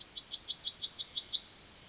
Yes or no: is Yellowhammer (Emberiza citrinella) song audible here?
yes